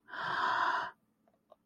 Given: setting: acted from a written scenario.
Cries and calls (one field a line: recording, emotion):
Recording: vocal sound without words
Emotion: awe